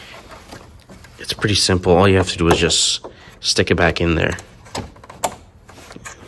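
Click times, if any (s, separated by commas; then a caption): 5.2 s. An electric cooling fan's plastic wiring connector is pushed back into its mating plug after an ECU tune on a C32 AMG while someone talks. A few small clicks and rustles lead up to one loud, sharp click at 5.2 seconds as the connector latches and seats.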